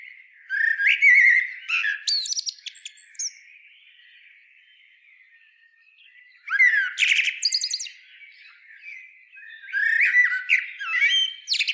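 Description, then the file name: Common blackbird singing three warbled phrases, each mixing low fluty notes with shrill rapid twitters, separated by quieter stretches. "Turdus merula"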